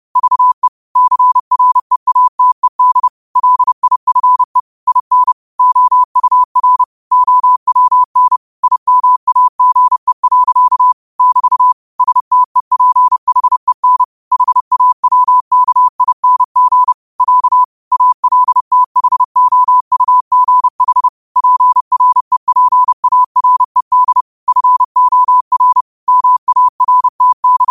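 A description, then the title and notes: Morse code sent quickly as a single pure tone near 1 kHz, a rapid stream of short dots and longer dashes with brief gaps between letters and words. Keying runs steadily for the whole stretch over a silent background. Morse Code at 30 words per minute.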